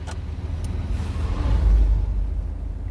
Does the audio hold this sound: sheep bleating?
no